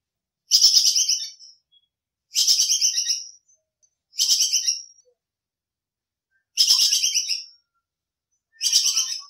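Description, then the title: Squirrel calling in rattling bursts of high, grating pulses, five bursts with quiet gaps between. Squirrel 'kekes' call, described as gacor (calling constantly), used for masteran training. "MASTERAN BAJING KEKES GACOR"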